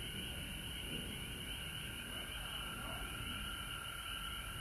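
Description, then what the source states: Frog chorus, high continuous drone and quick trills, with low rumbling background noise throughout. Recorded at home in Georgia on March 19, 2020.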